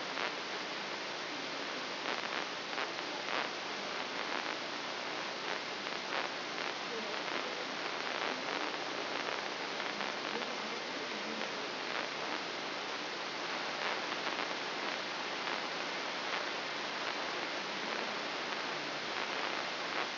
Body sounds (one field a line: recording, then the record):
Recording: brain microelectrode recording played as sound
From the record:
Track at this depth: inside the subthalamic nucleus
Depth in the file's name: 6.904 mm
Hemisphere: left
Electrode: 3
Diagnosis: Parkinson's disease